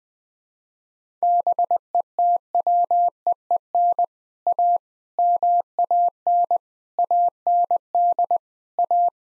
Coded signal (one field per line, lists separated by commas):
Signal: Morse code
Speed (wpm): 20 wpm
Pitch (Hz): 700 Hz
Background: none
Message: BETWEEN A MAN AND A